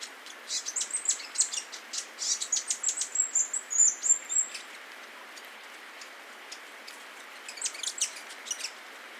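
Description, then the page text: Grey fantail calling with a run of sharp, high chips that merge into a squeaky, slightly wavering twitter, then a few more chips after a pause. "Rob van Bemmelen - Серая веерохвостка (Rhipidura fuliginosa)"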